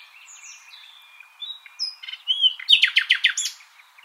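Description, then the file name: Common nightingale song: soft whistled notes, then a loud burst of rapid, repeated buzzy chattering notes in the second half. "Luscinia megarhynchos"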